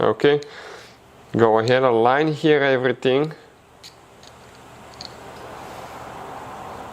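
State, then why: Not seated. A new rubber wiper blade refill is being lined up in the metal frame of a windshield wiper blade on a BMW while someone talks. After the talking, faint handling sounds follow, including short sharp ticks around 4.3 s and 5.0 s. The refill has not clicked or seated into the frame yet.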